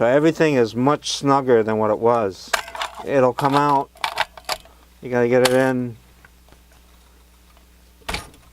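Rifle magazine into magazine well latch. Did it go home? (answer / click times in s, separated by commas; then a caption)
no / none. A Zastava M76 rifle magazine is handled at the magazine well, where the fit is much snugger than before and the magazine has to be wiggled to get it in. Someone talks over the handling, with short sharp metallic ticks around 4.0–4.6 seconds and a brief rattle near 8.1 seconds after a quiet stretch. The magazine has not seated or clicked into the latch yet.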